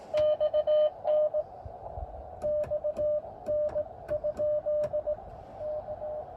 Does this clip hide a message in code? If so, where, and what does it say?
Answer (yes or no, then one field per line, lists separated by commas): yes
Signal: Morse code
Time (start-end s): 0.1-6.2 s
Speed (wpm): 18 wpm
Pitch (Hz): 600 Hz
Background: radio noise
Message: XN X N? K